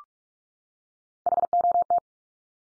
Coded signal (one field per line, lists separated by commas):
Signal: Morse code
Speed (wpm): 44 wpm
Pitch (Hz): 700 Hz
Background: none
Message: HOT